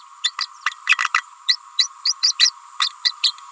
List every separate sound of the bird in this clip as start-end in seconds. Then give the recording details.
0.23-0.31, 0.38-0.47, 0.87-0.97, 1.14-1.23, 1.48-1.57, 1.78-1.88, 2.05-2.13, 2.22-2.34, 2.39-2.51, 2.79-2.89, 3.04-3.13, 3.23-3.35. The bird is a female. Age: 29 days. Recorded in a nest box in Venezuela. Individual 17B31A3